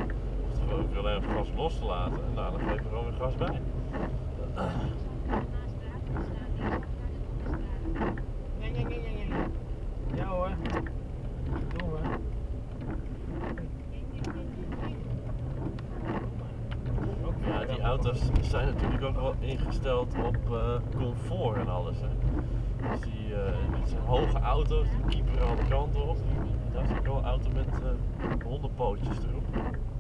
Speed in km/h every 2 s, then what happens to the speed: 46, 42, 39, 37, 33, 28, 19, 19, 26, 21, 22, 24, 26, 24, 14.
0-13 slows to 19. 13-16 speeds up to 26. 16-25 steady at about 24. 25-30 slows to 14.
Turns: 10-15.